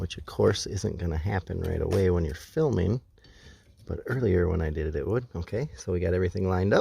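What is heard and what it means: A Rain-X Silicone Endura windshield wiper blade is being fitted to the wiper arm of a 2015 Hyundai Sonata Hybrid, with the blade's adapter lined up with the arm's hook. Someone talks throughout, and a faint short tick and a quieter rustle come in a pause around 3.2 seconds. Nothing has clicked or seated yet.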